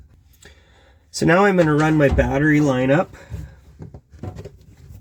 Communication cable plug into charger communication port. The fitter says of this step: you got to make sure that it gives a little click, just like that.